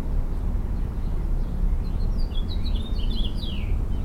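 Mockingbird song: over a steady low rumble, a quick run of short high chirps and slurred whistles, ending in a descending note.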